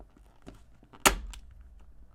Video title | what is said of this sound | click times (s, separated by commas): Whitestone Galaxy S23 Ultra Cases & Dome Glass Screen Protectors - Install & Review | just press it into place until you hear a couple clicks | 1.1 s, 1.3 s